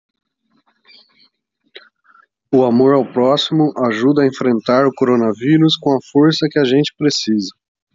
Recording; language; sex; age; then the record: spoken sentence; Brazilian Portuguese; male; 40 to 49 years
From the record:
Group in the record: control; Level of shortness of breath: 0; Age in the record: 42 years